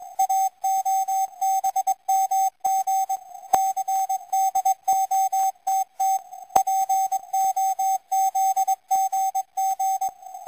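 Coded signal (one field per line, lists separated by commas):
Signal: Morse code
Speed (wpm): 21 wpm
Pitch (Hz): 770 Hz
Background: music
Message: AOBMG CDOTT POZGG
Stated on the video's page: CW number station sending five-letter groups on 11180 kHz.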